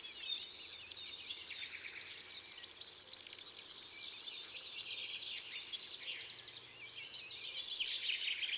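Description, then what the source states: European serin song: a long, high, rapid jingling trill of metallic buzzy notes, then a quieter thinner phrase near the end. Among garden birds.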